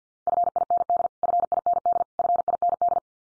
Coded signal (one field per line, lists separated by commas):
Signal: Morse code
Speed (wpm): 50 wpm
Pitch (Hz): 700 Hz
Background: none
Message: FIND FIND FIND